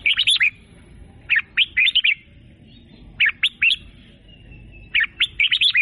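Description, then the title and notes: Sooty-headed bulbul singing short bubbly, chirping phrases in four bursts separated by pauses. Singing prolifically (gacor). "kutilang gacor"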